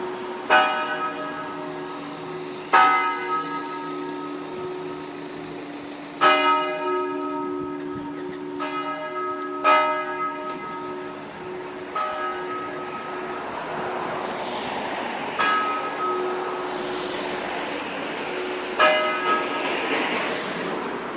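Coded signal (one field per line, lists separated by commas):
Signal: bell signal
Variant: distesa, Friulian swing style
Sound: a single swinging church bell striking roughly every three seconds, ringing on between strokes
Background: outdoor ambience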